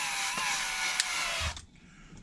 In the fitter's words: boom. Heard that snap? Not from the screw, but because the shock tower coming together.